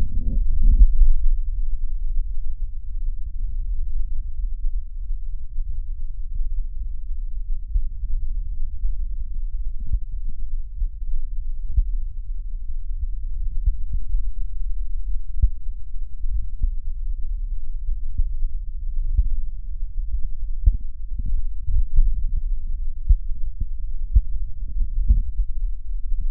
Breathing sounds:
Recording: lung sounds by stethoscope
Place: right posterior middle chest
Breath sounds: normal breath sounds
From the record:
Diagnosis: none (healthy)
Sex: male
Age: 50 years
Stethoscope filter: bell mode, 20 to 200 Hz

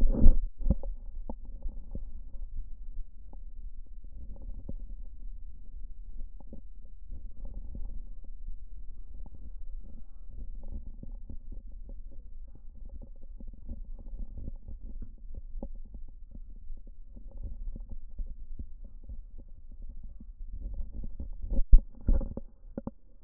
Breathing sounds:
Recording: lung sounds by stethoscope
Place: right posterior upper chest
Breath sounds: crackles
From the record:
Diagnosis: heart failure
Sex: female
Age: 70 years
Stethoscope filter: diaphragm mode, 100 to 500 Hz

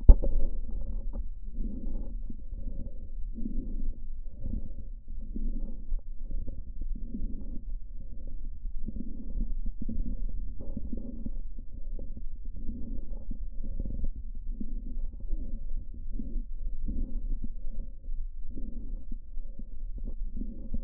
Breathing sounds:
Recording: lung sounds by stethoscope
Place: right posterior lower chest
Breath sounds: crackles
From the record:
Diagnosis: heart failure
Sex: male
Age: 67 years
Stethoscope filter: diaphragm mode, 100 to 500 Hz

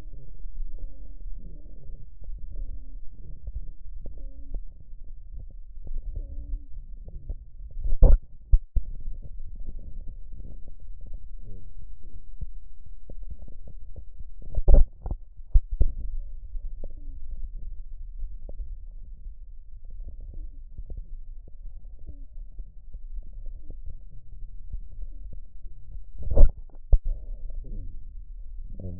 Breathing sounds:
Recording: lung sounds by stethoscope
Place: left posterior lower chest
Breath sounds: inspiratory and expiratory wheeze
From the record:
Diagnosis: asthma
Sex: male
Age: 70 years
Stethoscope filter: extended mode, 50 to 500 Hz

